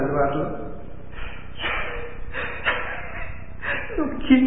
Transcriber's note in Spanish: sollozos